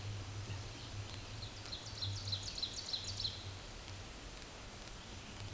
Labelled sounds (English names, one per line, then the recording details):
Ovenbird song
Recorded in a Pennsylvania forest on 17 May 2023 at 13:01
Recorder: AudioMoth, point grid1_31_low
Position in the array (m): 223 m, 50 m